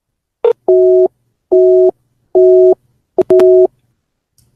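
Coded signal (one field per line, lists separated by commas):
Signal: none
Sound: a call app's ringing tones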